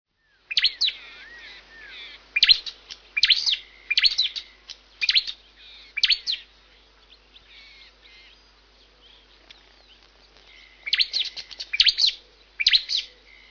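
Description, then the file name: Bird chirps in short bright bursts, clustered in the first half and again near the end, with quiet gaps between groups and faint twittering beneath. "Bird tweets"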